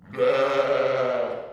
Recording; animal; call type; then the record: contact call of a hoofed animal; sheep; low-frequency (closed-mouth) or high-frequency (open-mouth) call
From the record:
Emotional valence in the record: negative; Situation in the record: short social isolation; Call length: 1.53 s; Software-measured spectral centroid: 1510 Hz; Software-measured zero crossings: 1380 a second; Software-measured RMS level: -23 dBFS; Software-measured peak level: -10 dBFS